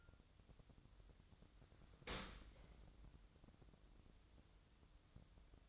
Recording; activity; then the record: daily activity, microphone in the room; open dishwasher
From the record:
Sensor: 3